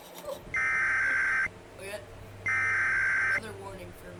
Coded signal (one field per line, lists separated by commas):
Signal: Emergency Alert System (SAME) tones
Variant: header bursts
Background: speech